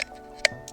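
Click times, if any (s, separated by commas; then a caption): 0.4 s. A battery is pressed into the main body of a handheld 3D laser scanner used for scanning forests, and it seats with a sharp click at 0.5 s. Fainter ticks come before and after it over a steady low tonal hum.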